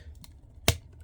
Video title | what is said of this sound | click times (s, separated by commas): Transformers Kingdom Voyager Tigertron | make sure it clicks into place and then make sure that the arms are out of the way and take these pieces back here | 0.7 s